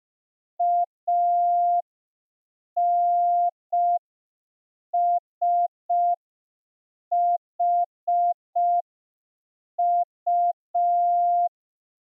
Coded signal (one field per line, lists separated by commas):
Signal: Morse code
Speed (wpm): 5 wpm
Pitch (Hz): 700 Hz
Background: none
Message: ANSHU